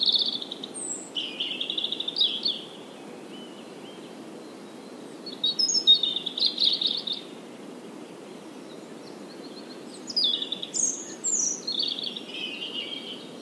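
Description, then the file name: European robin singing three separate high, rippling phrases of varied trills and whistles, with pauses of a few seconds between them and a low constant hiss. "Erithacus rubecula"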